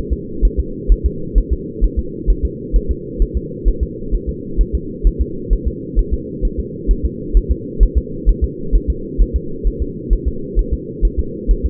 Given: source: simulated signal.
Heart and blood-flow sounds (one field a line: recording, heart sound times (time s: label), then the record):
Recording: fetal heart sounds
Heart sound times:
0.13 s: S2
0.45 s: S1
0.60 s: S2
0.92 s: S1
1.06 s: S2
1.38 s: S1
1.53 s: S2
1.84 s: S1
1.99 s: S2
2.30 s: S1
2.45 s: S2
2.76 s: S1
2.91 s: S2
3.22 s: S1
3.37 s: S2
3.68 s: S1
3.83 s: S2
4.14 s: S1
4.29 s: S2
4.61 s: S1
4.75 s: S2
5.07 s: S1
5.21 s: S2
5.53 s: S1
5.68 s: S2
5.99 s: S1
6.14 s: S2
6.45 s: S1
6.60 s: S2
6.91 s: S1
7.05 s: S2
7.37 s: S1
7.51 s: S2
7.83 s: S1
7.98 s: S2
8.29 s: S1
8.44 s: S2
8.75 s: S1
8.90 s: S2
9.21 s: S1
9.36 s: S2
9.67 s: S1
9.82 s: S2
10.13 s: S1
10.28 s: S2
10.59 s: S1
10.74 s: S2
11.05 s: S1
11.19 s: S2
11.51 s: S1
11.66 s: S2
From the record:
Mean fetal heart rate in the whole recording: 130 bpm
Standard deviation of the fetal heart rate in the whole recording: 2 bpm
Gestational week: 36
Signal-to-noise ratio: -4.3 dB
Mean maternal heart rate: 72 bpm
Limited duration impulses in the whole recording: absent